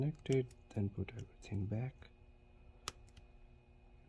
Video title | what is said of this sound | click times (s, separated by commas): Google Pixel 6 and 6 pro Screen replacement | hear the click nice okay if you hear the click nice then you're good | 2.9 s